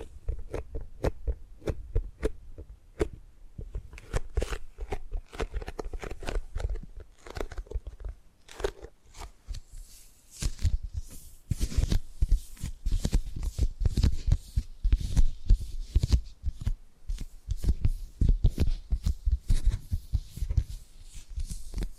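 Tapping and gripping sounds come as a dense run of short, crisp knocks and crunchy scrapes. The first ten seconds hold sparser, evenly spaced taps. After that the taps thicken into faster, louder clusters with rustling, gritty handling between them.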